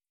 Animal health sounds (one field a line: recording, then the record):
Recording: hydrophone in a shrimp aquaculture tank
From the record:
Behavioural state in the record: feeding